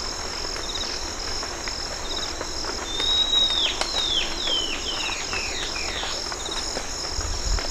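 Bird calls, a quick run of clear descending whistled notes over steady high insect-like buzzing and faint background hiss.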